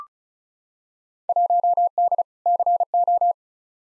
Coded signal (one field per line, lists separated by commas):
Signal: Morse code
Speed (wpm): 34 wpm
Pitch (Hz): 700 Hz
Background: none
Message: 1D CO